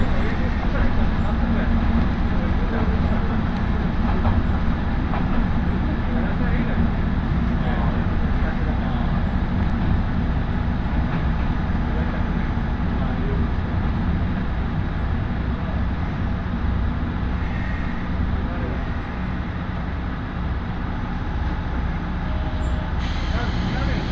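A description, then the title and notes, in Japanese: A ride on a Tarumi Railway train from Morera Gifu toward Tarumi, with a steady, dense low rumble of the running train throughout. Faint murmuring voices and small rattles surface now and then, and the level barely changes across the clip. 樽見鉄道 モレラ岐阜→樽見。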